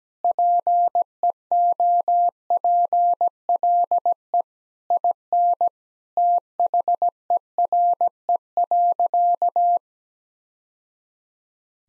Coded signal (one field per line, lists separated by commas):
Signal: Morse code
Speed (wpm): 17 wpm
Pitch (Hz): 700 Hz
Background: none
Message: PEOPLE IN THERE.